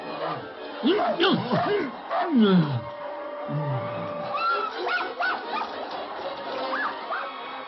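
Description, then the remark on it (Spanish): A dog snarls and barks in rough, overlapping bursts while biting, its growls rising and falling in pitch, with a strained human voice mixed into the scuffle. “¡Suéltame, perro idiota!”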